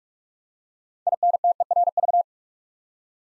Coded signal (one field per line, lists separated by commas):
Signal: Morse code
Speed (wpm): 44 wpm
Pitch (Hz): 700 Hz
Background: none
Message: INTERV